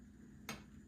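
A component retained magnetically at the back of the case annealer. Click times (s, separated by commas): 0.5 s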